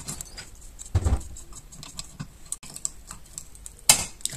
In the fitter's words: Hop, ça s'est enclenché direct.